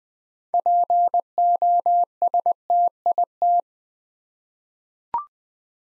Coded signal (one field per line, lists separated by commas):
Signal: Morse code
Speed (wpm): 20 wpm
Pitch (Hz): 700 Hz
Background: none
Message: POSTIT